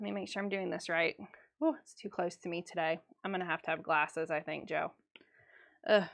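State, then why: Not seated. Someone talks while trying to slide the small locking tab on a water bottle lid, pushing it the wrong way. A faint, sharp sound comes at about 5.2 s. The tab has not locked or clicked into place yet.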